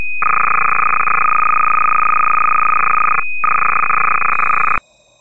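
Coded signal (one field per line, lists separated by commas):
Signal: computer data on cassette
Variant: Sharp PC-1500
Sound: harsh buzzing steady tone, brief gap, then warbling data tones, ends abruptly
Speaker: now play back the wave file on the PC using the audacity audio player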